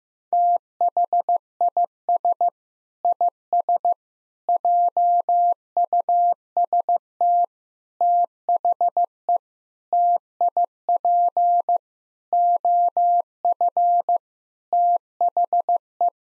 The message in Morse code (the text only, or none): THIS IS JUST THE TIP OF THE